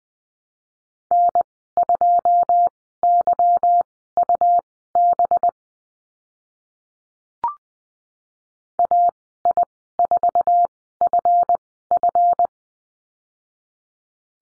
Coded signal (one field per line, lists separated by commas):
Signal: Morse code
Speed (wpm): 20 wpm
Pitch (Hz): 700 Hz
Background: none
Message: N2YUB AI4FF